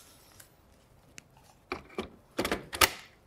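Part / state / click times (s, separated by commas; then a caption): monitor panel onto stand quick-release bracket / seated / 2.8 s. A ViewSonic VP2786-4K 27-inch ColorPro 4K UHD IPS monitor panel is fitted onto its stand's quick-release mount. After faint ticks, plastic knocks come at about 1.7 and 2.0 seconds, followed by a quick cluster of knocks around 2.4–2.5 seconds. The loudest sharp snap at 2.8 seconds is the panel latching onto the stand, seated in place.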